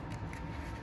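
The plastic ABS wheel speed sensor connector on a new front hub bearing of a 2008 to 2020 Dodge Grand Caravan is handled and pushed toward its mating harness plug. Only a steady, low rustling and rumbling handling noise is heard, with no sharp hits. Nothing has seated or clicked yet.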